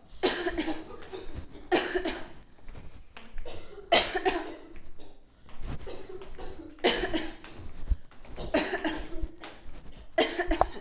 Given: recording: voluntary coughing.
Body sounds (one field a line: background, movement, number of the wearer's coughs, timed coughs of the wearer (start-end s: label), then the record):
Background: a bystander coughing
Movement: walking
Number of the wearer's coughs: 12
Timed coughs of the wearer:
0.21-0.53 s: cough
0.54-0.79 s: cough
1.69-2.02 s: cough
2.02-2.29 s: cough
3.89-4.23 s: cough
4.23-4.48 s: cough
6.81-7.11 s: cough
7.11-7.36 s: cough
8.51-8.82 s: cough
8.82-9.10 s: cough
10.15-10.46 s: cough
10.48-10.60 s: cough
From the record:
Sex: female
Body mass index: 18.3 kg/m2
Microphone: on the chest, facing outward